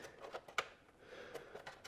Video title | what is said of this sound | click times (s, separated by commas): EvoTech Frame Sliders install on my Aprilia Tuono 660 Factory | and we push it till it snaps click in we're done | 0.6 s